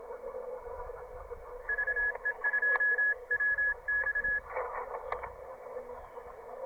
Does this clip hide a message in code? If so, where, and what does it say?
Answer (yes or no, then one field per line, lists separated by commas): yes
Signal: Morse code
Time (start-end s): 1.7-4.4 s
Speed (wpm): 27 wpm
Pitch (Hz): 1700 Hz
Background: radio noise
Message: VE2WX